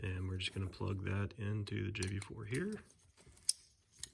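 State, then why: Seated. A harness plug is pushed into a JB4 engine tuning module on an Audi B9 Group 7 car (S4/S5/SQ5/RS4/RS5) until it snaps. Someone talks for the first few seconds, then after a quiet pause a sharp click rings out at 3.5 s, with smaller ticks at 3.4 s and 4.0 s. The connector is seated in the module.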